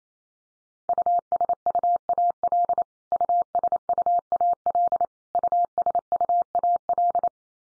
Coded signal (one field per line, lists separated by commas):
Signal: Morse code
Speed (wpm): 28 wpm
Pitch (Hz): 700 Hz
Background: none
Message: USUAL USUAL USUAL